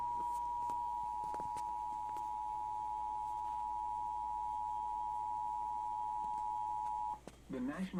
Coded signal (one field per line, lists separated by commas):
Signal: Emergency Alert System (SAME) tones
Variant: 853 and 960 Hz attention tone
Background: speech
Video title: Severe Thunderstorm Warning on NJPBS (EAS #131)